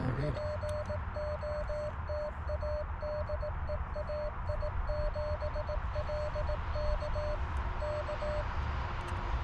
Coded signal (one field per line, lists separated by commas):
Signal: Morse code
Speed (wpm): 18 wpm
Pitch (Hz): 600 Hz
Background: music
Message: POTA DE AI7LK K